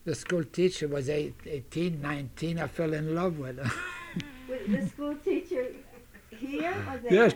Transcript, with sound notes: The schoolteacher was eighteen, nineteen. I fell in love with her. ( he laughs )
The schoolteacher here, or there?